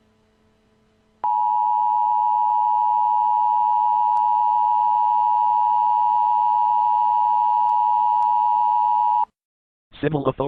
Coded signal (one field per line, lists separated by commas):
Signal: Emergency Alert System (SAME) tones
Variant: 853 and 960 Hz attention tone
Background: speech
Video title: EAS Scenario: The Voice (Analog Horror)